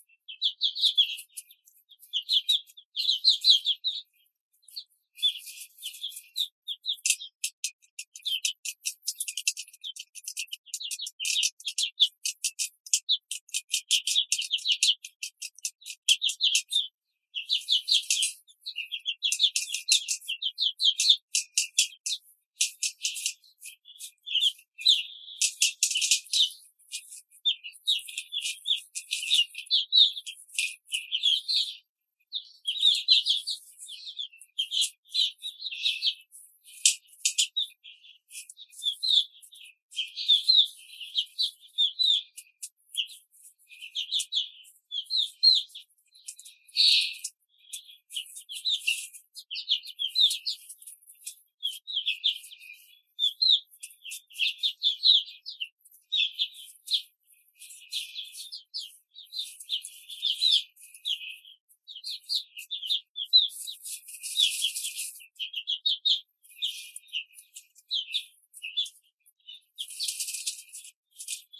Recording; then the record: young laying hens in a cage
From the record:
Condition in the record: control cage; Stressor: none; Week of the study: 5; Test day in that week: 1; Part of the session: 3